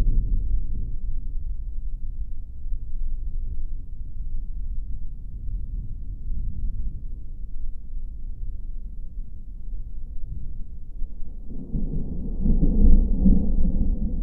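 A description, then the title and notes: Low thunder rumbles steadily with no rain, a deep, dark roll that stays mostly below the midrange. The rumble churns unevenly throughout, then swells louder and slightly brighter from about eleven seconds to the end. Low Thunder Rumble, No Rain.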